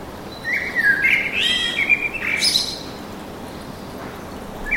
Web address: sonido de la atmosfera urbana con pajaros cantando en el parque